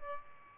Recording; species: mosquito wingbeat signal from an infrared sensor; Aedes albopictus